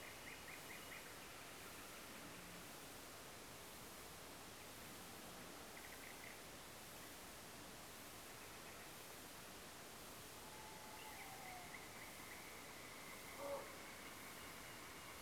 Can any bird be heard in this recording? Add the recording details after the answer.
yes. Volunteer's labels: Luscinia megarynchos megarynchos. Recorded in France